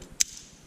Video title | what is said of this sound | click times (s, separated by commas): Can Am X3 64 Inch Front Quick Detach Installation | start the pnn like this and you know it'll snap right in and when it snaps in just real quick real easy it holds | 0.2 s